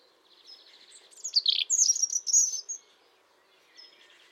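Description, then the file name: European robin song: one short phrase of thin, high whistles and quick tumbling twitters lasting about two seconds, with a faint steady hiss underneath and a soft note afterwards. "Erithacus rubecula"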